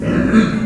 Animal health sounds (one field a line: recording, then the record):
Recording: squeal of a Yucatan mini pig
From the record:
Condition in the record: after surgery on the right vocal fold (resection and tissue-engineered implant)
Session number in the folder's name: 6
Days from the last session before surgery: 40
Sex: female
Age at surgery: 19 weeks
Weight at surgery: 25 kg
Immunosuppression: prednisolone